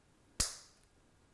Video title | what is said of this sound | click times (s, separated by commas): How to hang a Wall Mount TV, Review Part 3 of 3 | just snaps in and then | 0.4 s